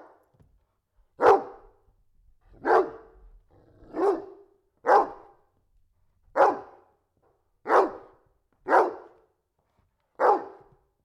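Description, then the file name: Dog barking steadily, about eight hoarse single barks spaced one to one and a half seconds apart, with little else audible. Dog barking indoors. "Digiffects Sound Effects Library - Dog Barking Indoors"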